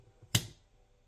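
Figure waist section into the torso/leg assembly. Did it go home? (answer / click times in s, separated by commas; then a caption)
yes / 0.4 s. While transforming a Studio Series 86 Bumblebee plastic Transformers action figure, the whole waist section is brought down into the torso and leg assembly. A single sharp, bright click sounds at 0.4 s and fades quickly into near silence. The waist is seated and locked in place.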